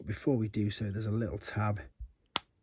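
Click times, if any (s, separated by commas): 2.4 s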